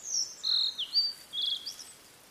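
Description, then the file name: Blue-and-white flycatcher song: high whistled notes, some level and some slurring downward, followed by a brief buzzy trill, over soft background noise. "oruri"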